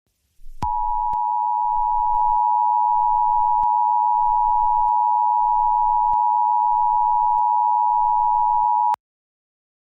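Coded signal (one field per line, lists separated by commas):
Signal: Emergency Alert System (SAME) tones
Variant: 853 and 960 Hz attention tone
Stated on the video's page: Fake prank EAS alert made with Vyond animation software, not a real broadcast.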